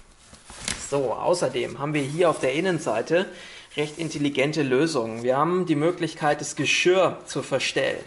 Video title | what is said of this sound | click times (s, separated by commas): Test: Joie Pact Lite vs. GB Pockit Plus | glaube man hört dass das rastet richtig ein dass es bei unserem paket deutlich anders so | 0.7 s